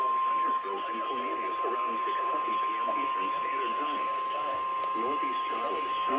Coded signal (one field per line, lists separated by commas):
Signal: Emergency Alert System (SAME) tones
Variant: 1050 Hz attention tone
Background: speech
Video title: Early Season Mayhem... EAS Alerts from 1/12/23 (EAS 1060-1089)